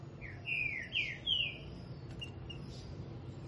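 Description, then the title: Green-winged saltator song: three loud slurred whistles, each falling in pitch, followed by a few faint short notes over a low background hum. Singing a lot in the morning. "Canto De Trinca Ferro. Trinca ferro Rex cantando muito pela manhã"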